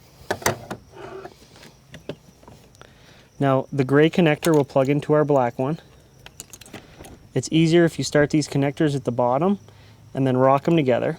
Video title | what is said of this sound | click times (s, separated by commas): Kawasaki KFX 450R /Two Brothers Juice Box Install Video | and then it'll just pop off | 0.3 s, 0.5 s